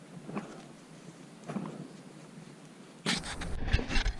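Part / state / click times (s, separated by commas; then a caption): wiring harness connector into motorcycle ECU / not seated / none. A wiring harness plug, a plastic connector, is pushed with some effort and both hands into a plastic housing on a replacement Vortex motorcycle ECU for a KTM. Faint handling rustles come around 0.4 s and 1.5–1.7 s, then louder plastic scraping and knocking from about 3.1 s to the end. Nothing has seated or clicked yet.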